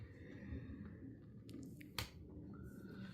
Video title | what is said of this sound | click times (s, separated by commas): AudiovisionUSA X-streamaudio Android Auto complete assembly setup install on Honda civic LX 2016 | You heard the click and now this thing is connected. | 2.0 s